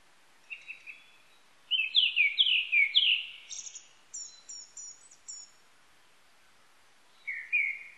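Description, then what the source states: Japanese thrush singing: a series of loud, clear down-slurred whistles, then thin high twittering notes, with the whistled phrase returning at the end. Recorded 19 April 1998.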